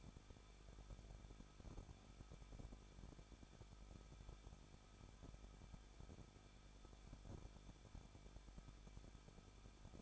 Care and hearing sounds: daily activity, microphone in the room; no activity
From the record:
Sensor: 5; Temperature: 20.9 degrees Celsius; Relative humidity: 38.2%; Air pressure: 1006.4 hPa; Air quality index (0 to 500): 187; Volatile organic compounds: 18 ppm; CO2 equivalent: 2632 ppm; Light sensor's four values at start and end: 2/3/1/1 and 2/3/1/1

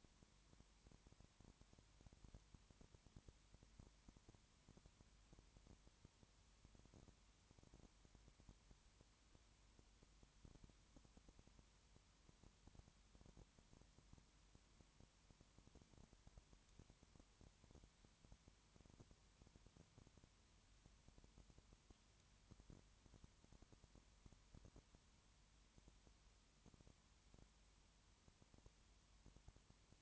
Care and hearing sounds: daily activity, microphone in the room; no activity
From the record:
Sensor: 3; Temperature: 21.1 degrees Celsius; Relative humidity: 37.0%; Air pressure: 1010.6 hPa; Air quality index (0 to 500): 204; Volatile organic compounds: 31 ppm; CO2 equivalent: 2976 ppm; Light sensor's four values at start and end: 3/3/2/2 and 2/3/2/2

